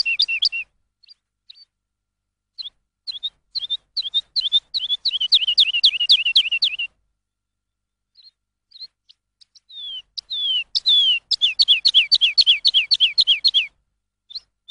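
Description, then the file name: Lark song: scattered chirps building into rapid trains of slurred high notes, a pause with sparse notes, then another dense rolling run. Lark song used for training songbirds. "suara masteran lark"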